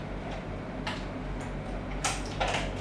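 The steel shackle of a ONEBIZ Compact nylon-body lockout safety padlock (OB 14-BDG02UDKD1K) is pushed down into its body on a lockout device and snaps locked with a short click at 0.9 s, over a steady low hum. Two more sharp handling sounds follow at about 2.0 and 2.4 s, and the padlock is confirmed locked.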